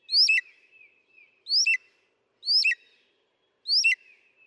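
Northern mockingbird song: four similar short rising-then-dropping whistled phrases separated by short pauses.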